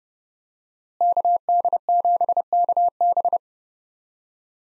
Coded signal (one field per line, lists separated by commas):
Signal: Morse code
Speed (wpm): 30 wpm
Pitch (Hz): 700 Hz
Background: none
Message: KD7KB